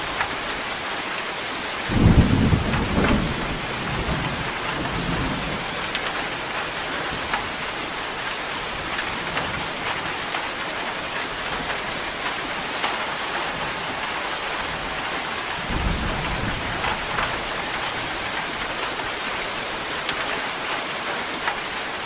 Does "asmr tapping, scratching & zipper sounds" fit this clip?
no